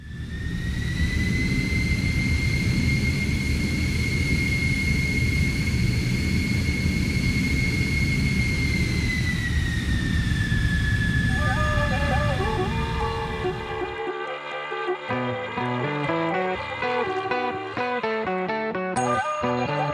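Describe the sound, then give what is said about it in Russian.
A loud, steady roar of the engines of An-12 transport aircraft flown by American pilots, with a high, whining tone that dips slightly in pitch, giving way after about fourteen seconds to a melodic musical passage. “трудно представить, что на этих Ан-12 летали американские летчики.”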